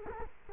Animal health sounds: mosquito wingbeat signal from an infrared sensor; Culex quinquefasciatus

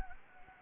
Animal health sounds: mosquito wingbeat signal from an infrared sensor; Anopheles gambiae

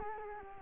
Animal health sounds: mosquito wingbeat signal from an infrared sensor; Culex quinquefasciatus

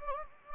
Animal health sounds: mosquito wingbeat signal from an infrared sensor; Anopheles gambiae

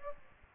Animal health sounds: mosquito wingbeat signal from an infrared sensor; Aedes aegypti

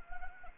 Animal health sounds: mosquito wingbeat signal from an infrared sensor; Anopheles arabiensis

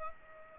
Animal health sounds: mosquito wingbeat signal from an infrared sensor; Aedes aegypti

